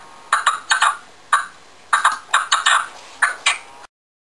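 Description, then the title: Partridge song: about a dozen scratchy, clucking notes in short irregular bursts, some doubled, stopping abruptly before the end. "Pavanegra. PERDIZ CANTANDO"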